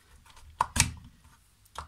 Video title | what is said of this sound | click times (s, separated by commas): NESPRESSO machine stops working - buttons blinks twice a second and stops after power on - INISSIA | mechanism like this snaps | 0.6 s